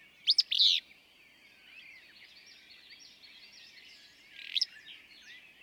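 Willow flycatcher song: a sharp, sneezy two-part burst near the start, repeated once about four seconds later, over a steady chatter of other small birds.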